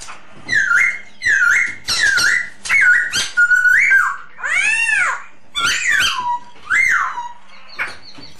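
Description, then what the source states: Masked laughingthrush song: loud, rich whistled phrases with rising and falling slurred notes in quick bursts, one arched swooping note near the middle. Lure song.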